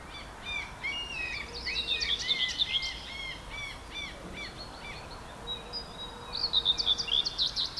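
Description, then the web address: Common whitethroat song: brisk, scratchy warbled phrases of repeated chirping notes, with a pause between them, over background noise. "linnut pensaskerttu"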